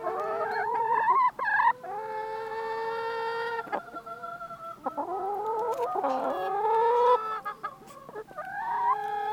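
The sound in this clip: Chicken: fowl calls, several long sustained harmonic notes with wavering pitch, interrupted by short sharp clucks, continuous and fairly loud.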